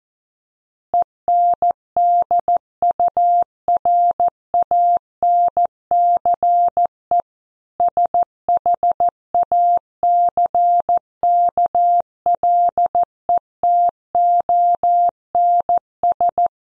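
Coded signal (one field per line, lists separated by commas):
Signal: Morse code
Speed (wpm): 14 wpm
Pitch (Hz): 700 Hz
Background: none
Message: ENDURANCE SHACKLETONS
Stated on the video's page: News headlines copy practice at 14 wpm.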